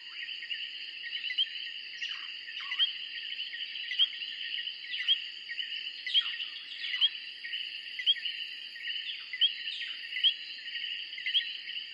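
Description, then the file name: Tree frogs in a dense, continuous high-pitched chorus, with brief sharp chirps and lower downward-sliding whistles scattered through it. Recorded in 2003. "tree frogs copyright edboakes"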